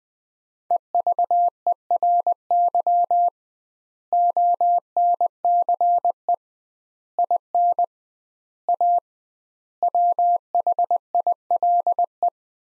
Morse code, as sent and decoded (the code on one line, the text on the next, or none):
. ...- . .-. -.-- / --- -. -.-. . / .. -. / .- / .-- .... .. .-.. .
EVERY ONCE IN A WHILE